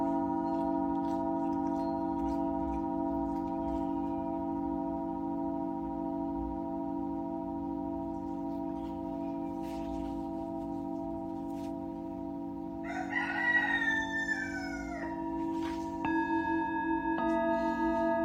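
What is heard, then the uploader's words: A Tibetan singing bowl hums steadily, its layered ringing tones sustained and unbroken throughout. Around thirteen seconds a brief bird-like call rises over the drone, and near the end a new pair of tones enters as the bowl is struck again. Tibetan Singing Bowl のサウンドヒーリング. シンギングボウル.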